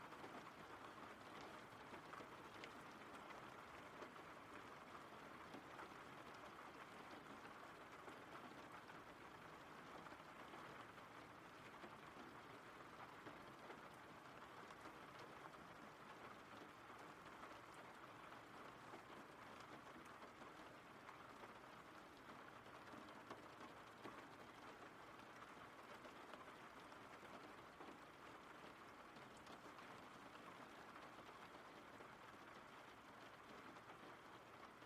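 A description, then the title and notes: Steady rain falls in a dense, unbroken hiss across all 35 seconds, with faint scattered patter and no clear separate events. RAIN SOUNDS.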